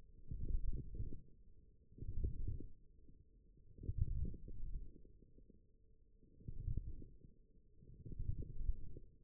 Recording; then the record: forearm muscle sounds (acoustic myography)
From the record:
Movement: forearm pronation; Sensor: system 1, eight BSWA MPA416 microphones around the upper forearm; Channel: 1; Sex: male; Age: 18 years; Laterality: right